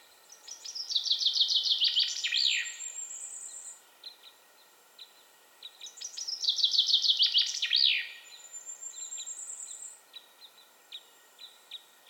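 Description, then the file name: Common chaffinch song: two rattling descending trills, each ending in a quick flourish, with thin high whistles drawn out between them. "Fringilla coelebs"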